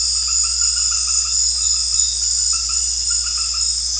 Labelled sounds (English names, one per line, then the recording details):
none
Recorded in secondary vegetation near Puerto Asís, Putumayo, Colombia, on 4 March 2025 at 21:00
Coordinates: 0.484, -76.319
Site G010